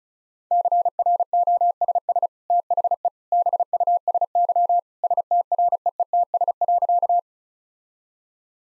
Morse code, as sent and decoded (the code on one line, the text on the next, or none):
-.-. .-. --- ... ... / - .... . / -... ..- ... -.-- / ... - .-. . . - ... .-.-.-
CROSS THE BUSY STREETS.